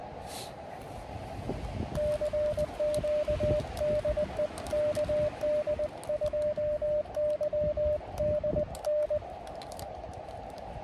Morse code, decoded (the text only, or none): CQ DE KD2YDN